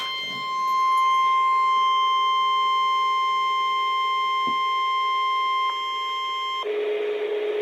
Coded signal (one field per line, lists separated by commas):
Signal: Emergency Alert System (SAME) tones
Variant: 1050 Hz attention tone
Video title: EAS #5-6 - Required Weekly Tests